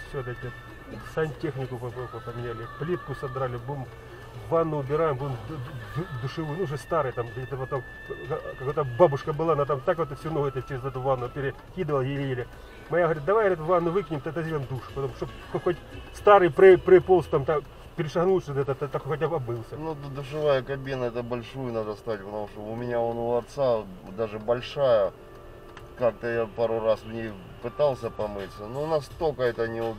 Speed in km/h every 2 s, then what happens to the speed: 3, 3, 3, 2, 1, 0, 0, 0, 0, 0, 0, 0, 0, 1, 0.
0-6 steady at about 3. 6-30 standing.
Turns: none.